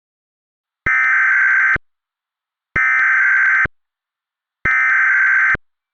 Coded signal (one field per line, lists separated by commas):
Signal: Emergency Alert System (SAME) tones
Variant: header bursts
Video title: Gone Wild (EAS SHORT)